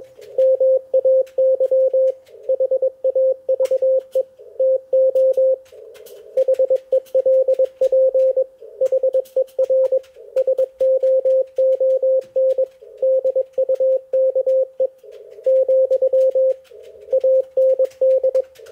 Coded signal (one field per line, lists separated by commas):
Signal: Morse code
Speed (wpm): 21 wpm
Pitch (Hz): 530 Hz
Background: none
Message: MAY HAVE TO HELP HER SOON DUKE , AND